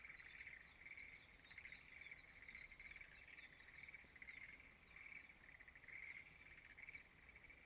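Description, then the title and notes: Frogs in a steady chorus of rapid pulsed notes, with higher chirps scattered over them throughout and faint low background noise. Frogs singing in a rice field at dawn in Izumo, Shimane, Japan. "出雲の国で唄う蛙 Frog singing in the rice field Izumo. 島根県、朝方の田んぼにて。"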